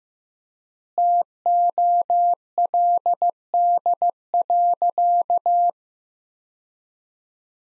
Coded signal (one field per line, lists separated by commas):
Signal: Morse code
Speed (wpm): 15 wpm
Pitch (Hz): 700 Hz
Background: none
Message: TOLD.